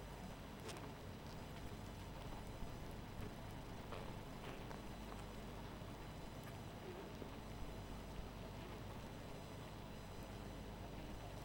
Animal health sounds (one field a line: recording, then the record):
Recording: honeybee colony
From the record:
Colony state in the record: missing queen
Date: 14 July 2017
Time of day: 0:43